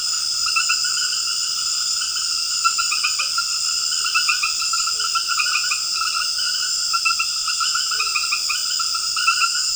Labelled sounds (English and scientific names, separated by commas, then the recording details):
none
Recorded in secondary vegetation near Puerto Asís, Putumayo, Colombia, on 12 March 2025 at 21:00
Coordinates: 0.488, -76.319
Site G095